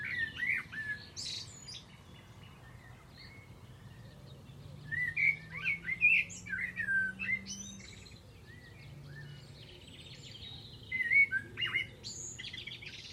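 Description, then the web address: Bird calls in scattered bursts of chirps and short whistles, separated by quieter stretches, over a soft low hum that rises slowly midway. "cianscape birddata Deverinetal 2025 Bird Only Tu Me"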